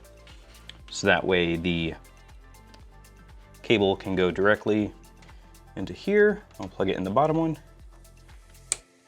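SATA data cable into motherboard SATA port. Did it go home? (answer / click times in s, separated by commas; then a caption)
yes / 8.7 s. Someone talks over background music while a SATA data cable with a 90-degree end is plugged into the bottom SATA port on a motherboard. Quiet handling sounds come just before a single sharp, loud click at 8.7 s as the connector seats firmly in place.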